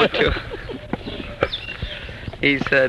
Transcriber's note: laughter